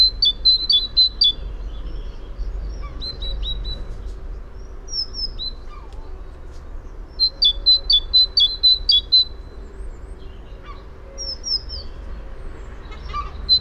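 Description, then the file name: Great tit calls: quick bursts of high, sharp repeated notes, one series at the start and another near eight seconds, with scattered fainter chirps between. "Parus major"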